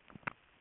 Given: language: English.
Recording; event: throat vibration sensor signal played as sound; swallow